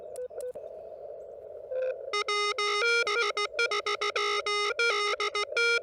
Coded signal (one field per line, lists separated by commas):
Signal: Morse code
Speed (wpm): 16 wpm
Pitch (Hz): 1240 Hz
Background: music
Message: WS3D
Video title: CW Pile Ups? No worries....